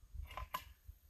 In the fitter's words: Lock it into place. Now it's engaged by sliding that slide lock into place. It's good and tight.